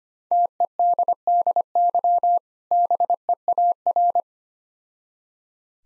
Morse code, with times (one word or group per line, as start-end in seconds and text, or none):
0.3-2.4 TEDDY
2.7-4.2 BEAR